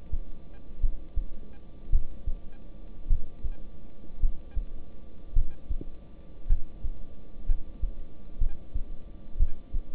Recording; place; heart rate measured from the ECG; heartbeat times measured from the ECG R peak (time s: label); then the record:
heart sounds by stethoscope; between the tricuspid and mitral areas; 56 bpm
0.81 s: heartbeat
1.90 s: heartbeat
3.08 s: heartbeat
4.20 s: heartbeat
5.33 s: heartbeat
6.47 s: heartbeat
7.46 s: heartbeat
8.39 s: heartbeat
9.38 s: heartbeat
From the record:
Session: rest, lying down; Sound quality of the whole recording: good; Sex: male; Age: 26 years